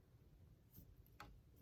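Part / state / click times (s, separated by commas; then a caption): missile launcher panel on a toy figure body / seated / 1.2 s. A plastic missile launcher panel on an S.H. MonsterArts Mechagodzilla 2021 action figure is pulled out from the body, with a soft scrape around 0.8 s. A single sharp click sounds at 1.2 s as the second panel seats in its extended position.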